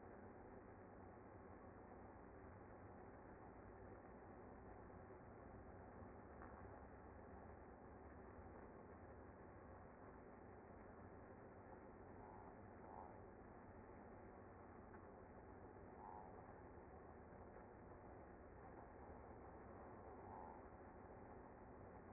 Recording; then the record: honeybee colony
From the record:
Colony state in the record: active